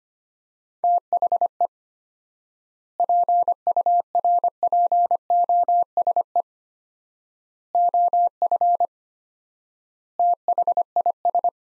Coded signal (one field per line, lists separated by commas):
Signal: Morse code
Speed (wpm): 25 wpm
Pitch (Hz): 700 Hz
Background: none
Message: THE PURPOSE OF THIS